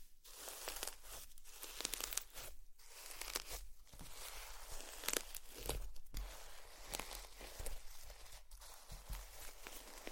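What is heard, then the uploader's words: Slime being squished and handled, with dense wet crackling and popping that runs almost continuously. Bursts of squelching come every second or so, with short quieter gaps near 0.5, 2.5 and 4 seconds. The sound is bright and sticky, with faint low thumps beneath. ASMR Slime sounds.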